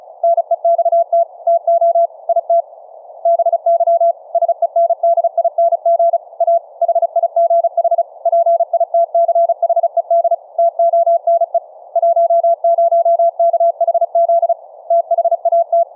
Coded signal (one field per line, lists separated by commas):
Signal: Morse code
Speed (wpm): 36 wpm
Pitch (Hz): 680 Hz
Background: none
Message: NEXT TO IT BY SENDING A HIGH PITCHED TONE 10KHZ THAT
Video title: Transmit & Receive CW morse code over the FAMILY RADIO SERVICE 2-way radios - hands free transmit